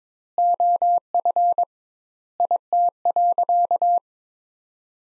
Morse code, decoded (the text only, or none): OF IT.